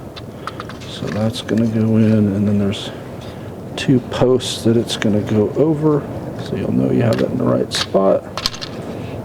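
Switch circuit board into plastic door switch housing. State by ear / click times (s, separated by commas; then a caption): seated / 8.5 s, 8.6 s. Someone talks while pressing the circuit board of a Chevrolet, GMC or Cadillac door lock and window switch down over two locating posts in its plastic switch housing during reassembly. A few light taps sound around 0.5–0.7 s, then two sharp snaps at 8.5 s and 8.6 s as the board seats in the housing.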